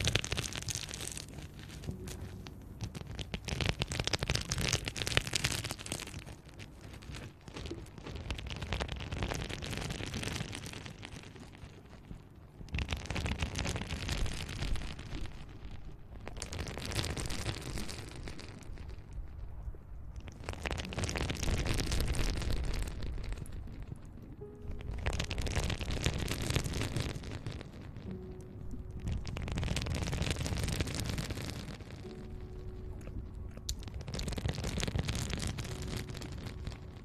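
Mouth sounds made close to the microphone: heavy rushing bursts like blowing or breathing, repeating about every four to five seconds for the whole clip. Each gust swells loud and rough, then drops to brief quieter gaps, with a faint steady hum in places.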